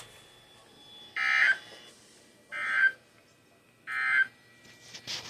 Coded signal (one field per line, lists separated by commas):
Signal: Emergency Alert System (SAME) tones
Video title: EAS 357-362